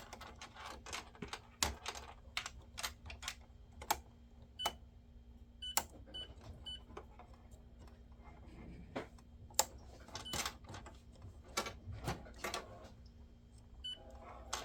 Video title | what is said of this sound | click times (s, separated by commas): How to install a CIS on a Canon Pixma TR7520, TR8520, TR8620, TR8620a, TR8622, TR8622a | Take your time, make sure you hear the snapping in. | 1.6 s, 2.4 s, 3.9 s, 5.8 s, 9.6 s